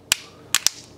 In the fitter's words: you can hear it snapping in good just make sure it's good all the way around you're good to go